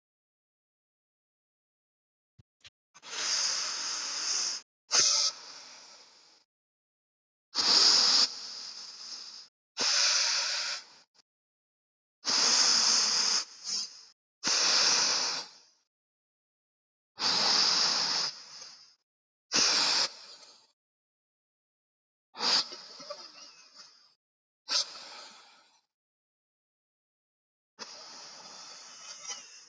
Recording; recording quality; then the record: deep breathing; excellent, no background noise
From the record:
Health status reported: healthy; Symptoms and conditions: none ticked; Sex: male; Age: 38 years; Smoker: not ticked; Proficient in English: yes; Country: India